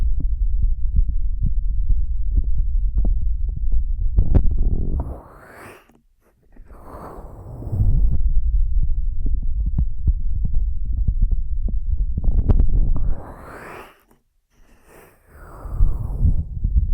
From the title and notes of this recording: ASMR 10 Ear Massages for Sleep (No Talking).